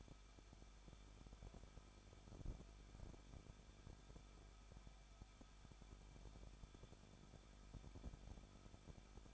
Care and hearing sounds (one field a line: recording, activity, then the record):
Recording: daily activity, microphone in the room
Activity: no activity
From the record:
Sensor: 5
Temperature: 20.8 degrees Celsius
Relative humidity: 38.3%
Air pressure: 1006.6 hPa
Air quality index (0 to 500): 186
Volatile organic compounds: 18 ppm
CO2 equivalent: 2603 ppm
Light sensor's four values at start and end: 2/3/1/1 and 2/3/1/1